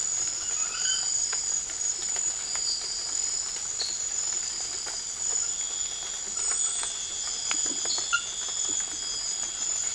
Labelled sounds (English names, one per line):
none